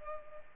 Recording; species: mosquito wingbeat signal from an infrared sensor; Culex pipiens